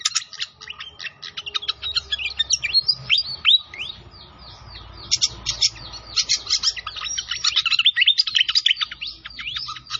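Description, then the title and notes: Pied fantail song: rapid, busy chattering of high squeaky notes and slurred whistles, pouring on for ten seconds with brief lulls. Masteran training recording of clear song, mixed with the sound of trickling water. "Masteran Sikatan Kipas Suara Jernih Dan Suara Gemericik Air. Suara Burung Sikatan Londo"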